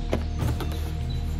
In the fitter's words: Let's go ahead and attach the tail, and it just clicks right in.